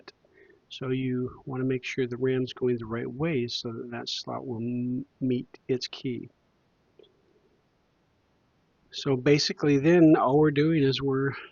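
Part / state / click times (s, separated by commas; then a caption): DDR4 memory stick into motherboard DIMM slot / not seated / none. A DDR4 memory stick is lined up so its notch matches the key in a motherboard DIMM slot, before being pushed in. Someone talks throughout, with a quiet pause and a faint short tick around 7.0 s. Nothing has seated or clicked yet.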